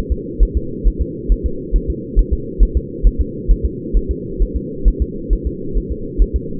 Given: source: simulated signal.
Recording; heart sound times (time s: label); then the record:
fetal heart sounds
0.12 s: S2
0.43 s: S1
0.57 s: S2
0.87 s: S1
1.02 s: S2
1.32 s: S1
1.46 s: S2
1.76 s: S1
1.90 s: S2
2.19 s: S1
2.33 s: S2
2.63 s: S1
2.77 s: S2
3.07 s: S1
3.21 s: S2
3.51 s: S1
3.66 s: S2
3.97 s: S1
4.11 s: S2
4.42 s: S1
4.56 s: S2
4.88 s: S1
5.02 s: S2
5.33 s: S1
5.47 s: S2
5.78 s: S1
5.92 s: S2
6.22 s: S1
6.36 s: S2
From the record:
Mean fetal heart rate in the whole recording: 135 bpm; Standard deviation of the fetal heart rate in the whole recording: 3 bpm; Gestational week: 36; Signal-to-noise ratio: -4.3 dB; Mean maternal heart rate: 72 bpm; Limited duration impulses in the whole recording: absent